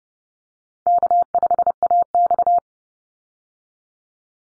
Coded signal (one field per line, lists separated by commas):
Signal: Morse code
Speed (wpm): 30 wpm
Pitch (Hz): 700 Hz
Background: none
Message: K5AX